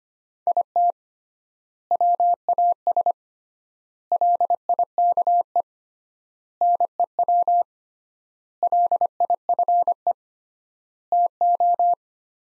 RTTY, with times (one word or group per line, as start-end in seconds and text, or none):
none